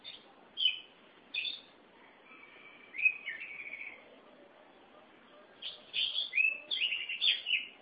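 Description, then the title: Oriental magpie-robin song: a few short whistles, a drawn-out slurred phrase, a pause, then a lively run of varied whistled notes. "Suara Kicauan Burung Kacer Durasi Panjang"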